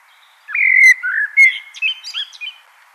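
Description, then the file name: Common blackbird singing a rich whistled phrase of sliding notes, followed by a series of short, high, scratchy twittering notes over faint background hiss. "Turdus merula"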